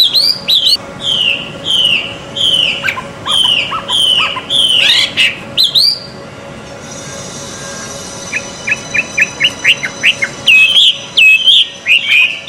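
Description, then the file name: Chinese hwamei singing varied whistled phrases, then a short lull before rapid clipped rising notes and more fluid whistles resume; a low steady hum runs throughout. Song at a bird gathering. "audio-gathering-hwamei omkicau"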